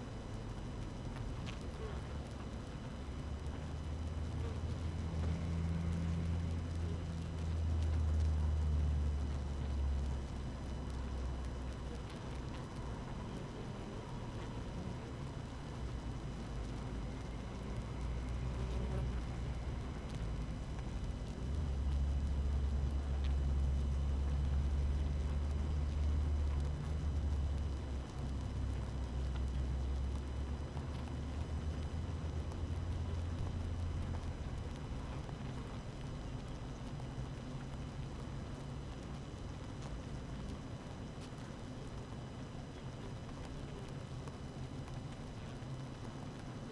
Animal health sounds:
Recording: honeybee colony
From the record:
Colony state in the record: active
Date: 12 June 2018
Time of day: 6:54

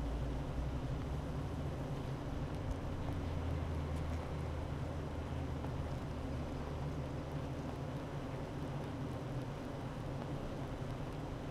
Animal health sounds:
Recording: honeybee colony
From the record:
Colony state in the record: active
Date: 12 June 2018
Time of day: 9:10

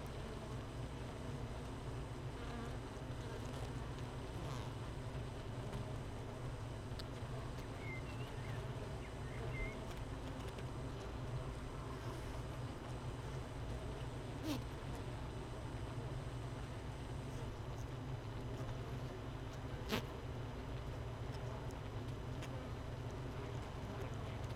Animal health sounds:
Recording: honeybee colony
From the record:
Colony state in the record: missing queen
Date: 31 May 2018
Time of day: 13:59

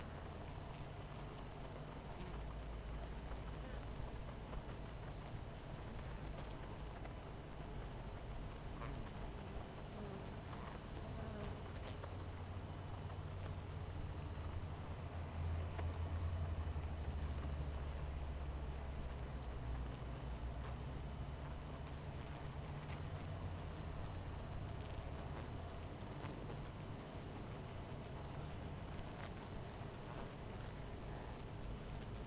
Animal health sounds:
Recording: honeybee colony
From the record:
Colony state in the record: missing queen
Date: 14 July 2017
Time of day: 18:10

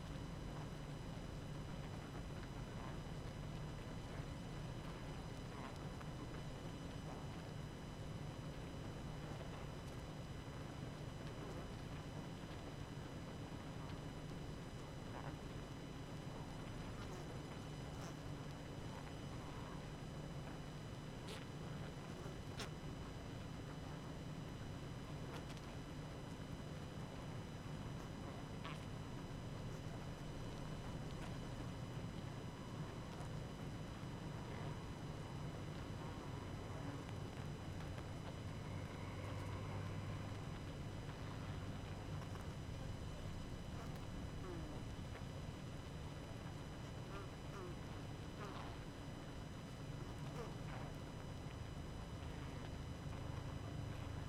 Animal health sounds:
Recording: honeybee colony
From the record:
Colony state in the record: active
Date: 12 June 2018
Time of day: 19:48

